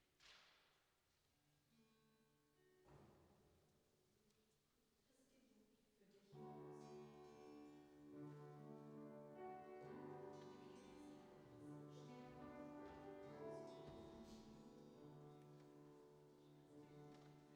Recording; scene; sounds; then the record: everyday scene through a hearing-aid microphone; reverberant space; music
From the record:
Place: church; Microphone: in the ear canal, right